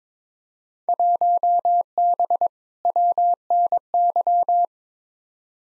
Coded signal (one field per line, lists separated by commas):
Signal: Morse code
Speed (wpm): 22 wpm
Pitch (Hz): 700 Hz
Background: none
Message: 1B WNY